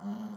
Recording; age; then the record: pig call; piglet (1 to 25 days)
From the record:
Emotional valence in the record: negative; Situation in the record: short isolation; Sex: male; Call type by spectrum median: low-frequency call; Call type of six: low-frequency modulated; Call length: 0.37 s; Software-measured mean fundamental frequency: 70 Hz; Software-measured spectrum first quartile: 206 Hz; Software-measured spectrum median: 251 Hz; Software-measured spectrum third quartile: 629 Hz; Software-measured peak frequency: 210 Hz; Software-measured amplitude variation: 133 dB a second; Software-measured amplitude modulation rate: 14.9 a second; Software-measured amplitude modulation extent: 8.9 dB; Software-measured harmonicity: 11.3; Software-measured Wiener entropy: -0.81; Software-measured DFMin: 1333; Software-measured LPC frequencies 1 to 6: 3102, 4296, 6150, 6930, 8175, 9722 Hz